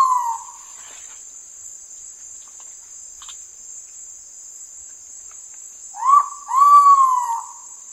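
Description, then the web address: Ivory-breasted pitta whistled double call, a brief upslurred note followed by a drawn-out descending whistle, with the tail of an earlier call at the start and constant insect drone. In Indonesia. "ULM-DS-Lab indonesian-bird-sounds. Pitta maxima"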